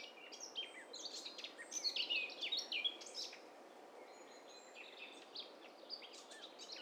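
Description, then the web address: Several birds chirping and whistling at once, quick high overlapping notes and short trills, loudest early on, then sparser calls against steady hiss. Several birds calling at once; stereo recording. "Hi Fi STEREO BIRD COCKTAIL PARTY Challenge"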